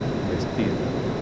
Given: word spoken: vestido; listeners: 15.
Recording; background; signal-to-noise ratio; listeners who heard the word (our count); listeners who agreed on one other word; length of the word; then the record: one Spanish word in noise, from a listening test; speech-shaped noise; -4.3 dB; 4 of 15; 9 of 15; 0.82 s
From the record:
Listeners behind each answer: 9, 4, 1, 1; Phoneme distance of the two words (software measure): 17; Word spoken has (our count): 3 syllables, 7 phonemes, stress on syllable 2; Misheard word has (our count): 2 syllables, 6 phonemes, stress on syllable 2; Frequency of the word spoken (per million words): 46.28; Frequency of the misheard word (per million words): 10.85